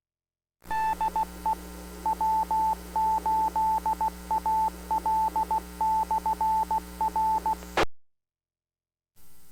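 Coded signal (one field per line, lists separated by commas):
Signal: Morse code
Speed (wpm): 16 wpm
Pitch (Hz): 880 Hz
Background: radio noise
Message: DE W8AL/R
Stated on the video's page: Club monthly meeting held as an on-air net on the 146.790 MHz repeater (141.3 Hz CTCSS) in Canton, Ohio.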